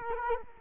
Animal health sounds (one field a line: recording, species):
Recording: mosquito wingbeat signal from an infrared sensor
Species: Culex quinquefasciatus